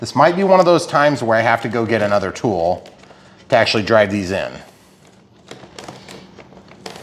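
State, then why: Seated. Someone talks while the foam wing and horizontal stabilizer section of an E-flite Airbus A320neo twin 64mm EDF RC airliner is pushed together into the fuselage, with faint crinkling ticks from about 5.5 to 6.1 s. A sharp snap at 6.9 s marks the part seating into place.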